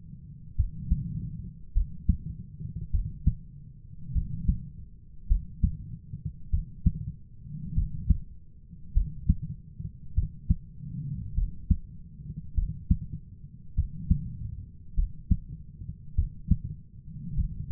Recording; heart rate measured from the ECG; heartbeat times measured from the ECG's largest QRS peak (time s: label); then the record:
heart sounds by stethoscope; 50 bpm
0.54 s: heartbeat
1.72 s: heartbeat
2.90 s: heartbeat
4.11 s: heartbeat
5.26 s: heartbeat
6.49 s: heartbeat
7.72 s: heartbeat
8.92 s: heartbeat
10.13 s: heartbeat
11.33 s: heartbeat
12.53 s: heartbeat
13.73 s: heartbeat
14.93 s: heartbeat
16.13 s: heartbeat
17.33 s: heartbeat
From the record:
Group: heart failure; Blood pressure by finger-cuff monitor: 88/49 mmHg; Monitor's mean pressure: 61 mmHg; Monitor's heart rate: 50 bpm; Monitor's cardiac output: 4.2 L/min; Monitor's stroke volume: 84 mL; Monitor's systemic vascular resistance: 1030 dyn s/cm5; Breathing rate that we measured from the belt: 18 breaths a minute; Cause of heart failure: dilated cardiomyopathy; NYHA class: 3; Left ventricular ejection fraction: 27%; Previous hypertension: present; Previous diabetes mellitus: present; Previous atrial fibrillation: present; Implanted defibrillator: present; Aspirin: present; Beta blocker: bisoprolol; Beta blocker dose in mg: 1.25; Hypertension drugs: sacubitril-valsartan, spironolactone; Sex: female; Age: 39 years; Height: 170 cm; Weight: 64 kg